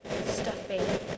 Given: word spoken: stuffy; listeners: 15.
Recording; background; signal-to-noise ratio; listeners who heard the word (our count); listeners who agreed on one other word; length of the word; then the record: one English word in noise, from a listening test; noise modulated by three-talker babble; -5.5 dB; 8 of 15; 7 of 15; 0.78 s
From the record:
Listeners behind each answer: 8, 7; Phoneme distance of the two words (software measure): 17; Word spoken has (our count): 2 syllables, 5 phonemes, stress on syllable 1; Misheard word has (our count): 2 syllables, 6 phonemes, stress on syllable 1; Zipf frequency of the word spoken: 3.84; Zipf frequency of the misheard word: 3.74